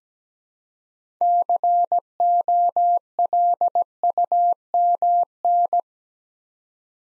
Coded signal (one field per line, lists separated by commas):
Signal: Morse code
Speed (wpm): 17 wpm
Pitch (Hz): 700 Hz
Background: none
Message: COLUMN